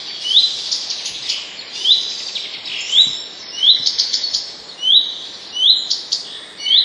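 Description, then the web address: Common redstart giving repeated song phrases, each a sharp rising whistle and a brief buzzy flourish, roughly once a second. "wroblowe kolekcja pleszka"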